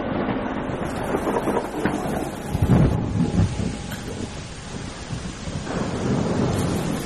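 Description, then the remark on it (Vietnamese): Heavy rain pours down outdoors in a steady, dense hiss, with a low rolling rumble of thunder swelling briefly in the middle; no voices are heard. “Ngoài trời mưa vẫn như là chút nước.”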